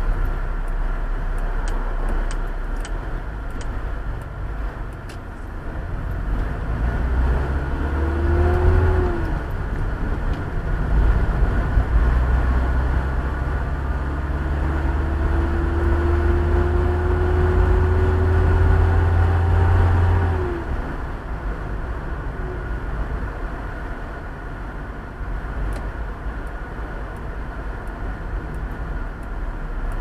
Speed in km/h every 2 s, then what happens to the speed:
20, 18, 13, 10, 19, 29, 35, 40, 45, 49, 50, 49, 48, 46, 44.
0-6 slows to 10. 6-19 speeds up to 50.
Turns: 0-6.